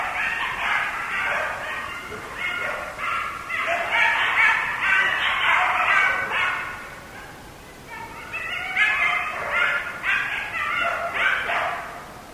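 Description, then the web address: Coyotes yipping and yelping in rapid overlapping bursts, loud for several seconds, dropping briefly near the middle, then swelling again into another frantic chorus. Recorded on 6 November 2010; several coyotes. "Coyote 2010 11 06 Coyotes"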